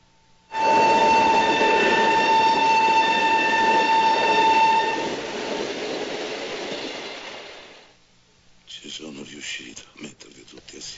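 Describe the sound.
A train rumbles loudly along the tracks while a steady, high horn blares for several seconds, then the clatter fades and people begin talking.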